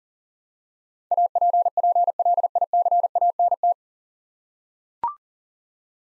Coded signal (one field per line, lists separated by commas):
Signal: Morse code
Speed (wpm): 40 wpm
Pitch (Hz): 700 Hz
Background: none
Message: APPLICANT